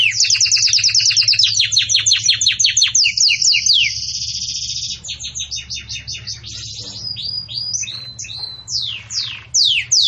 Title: Belíssimo Canto Do Canário Belga Campainha Para Encarte De Filhotes